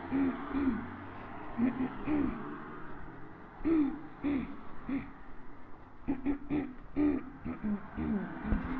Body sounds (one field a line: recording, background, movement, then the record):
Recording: throat clearing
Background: traffic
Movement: walking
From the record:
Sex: female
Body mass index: 22.6 kg/m2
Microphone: on the chest, facing the body